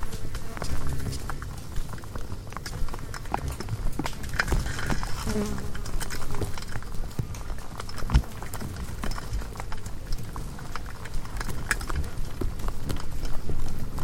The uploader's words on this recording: Hundreds of bugs are frantically congregating around the sole light source present at night, a bulb hanging on the porch of a wildlife ranch in South Africa. As many as nine different microphones, provided by myself and three other sound recordists, were wired up around this lightbulb to capture the madness up close. Zoom F8 recorder. Savannah environment of Mmabolela Reserve, Limpopo, South Africa.